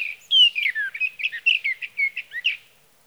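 Sage thrasher song opening with clear down-slurred whistles, then a quick run of varied chirping, warbling notes.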